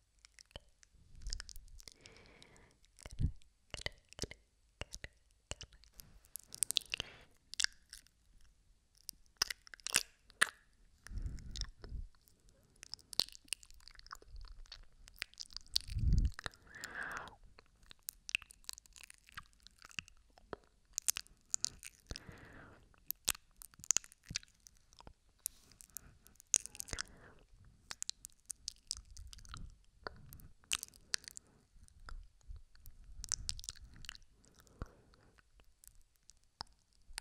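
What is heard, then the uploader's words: Soft mouth sounds: wet clicks, smacks and chewing-like crunches come in irregular clusters, a few per second, with brief quiet gaps between. A few louder low thumps stand out around 11 and 16 seconds, against an otherwise silent background. ASMR Soft Mouth Sounds with 3Dio Ear to Ear.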